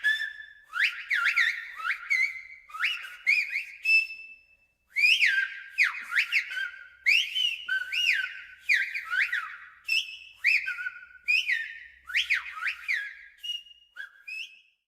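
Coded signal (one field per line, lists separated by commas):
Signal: whistled language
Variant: Silbo Gomero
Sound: loud piercing whistles rising and falling in quick speech-like phrases, brief pauses between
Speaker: Así que sus hablantes, hace mucho tiempo, aprendieron a hablar silbando o a convertir las palabras del español en silbidos que cruzan el aire de una montaña a otra.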